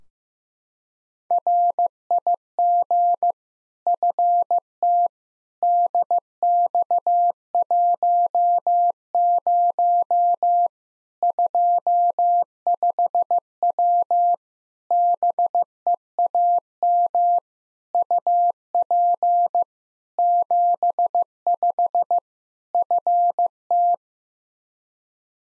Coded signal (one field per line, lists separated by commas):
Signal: Morse code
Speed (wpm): 15 wpm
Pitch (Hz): 700 Hz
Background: none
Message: RIG FT DX10 25W BEAM UP 75 FT